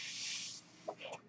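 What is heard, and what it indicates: A half-second burst of steady, high-pitched rushing air, followed by faint fragments of speech. It is the airflow of a home mechanical ventilator delivering a breath, heard in the background behind a speaker who uses the ventilator.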